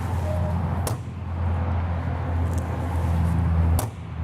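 On a 2025 Logan Coach Bullseye 3 Horse Gooseneck trailer, the center bar is pulled down on its track to open the door, then the door is swung so the metal door latch bar locks into the door keeper over a steady low hum. Two sharp metallic hits land at 0.9 s and 3.8 s as the latch seats, and the door is locked securely in place.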